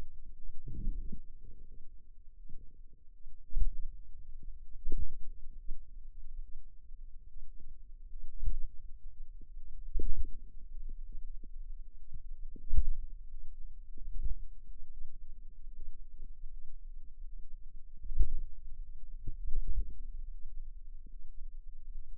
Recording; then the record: forearm muscle sounds (acoustic myography)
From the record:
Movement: pen grasping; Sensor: system 2, bracelet of six BSWA MPA416 microphones around the upper forearm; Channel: 6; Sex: female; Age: 23 years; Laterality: right